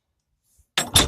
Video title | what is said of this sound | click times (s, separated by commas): Хлопает от ветра дверь. Фиксатор-ограничитель из мусора. | зафиксировалась ну | 0.8 s